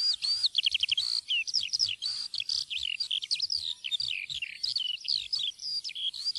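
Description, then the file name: Eurasian skylark song, a continuous rapid stream of high chirps, trills and warbled notes without pause, with a faint low rumble underneath. "sanglerke"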